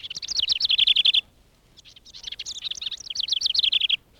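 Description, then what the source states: House Wren song, a rapid bubbly cascade of high chattering trills, delivered in two bursts with a short pause between them. Described as the house wren's familiar bubbly tune.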